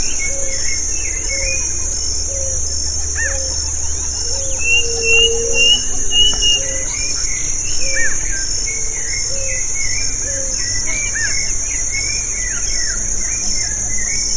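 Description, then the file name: Birds chirping: several short high rising and falling calls overlap, while a lower note repeats about every second over a steady high insect whine. "SABIOD 50 bird 2015"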